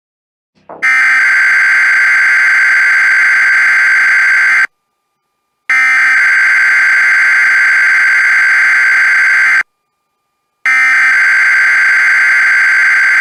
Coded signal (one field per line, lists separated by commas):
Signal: Emergency Alert System (SAME) tones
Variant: header bursts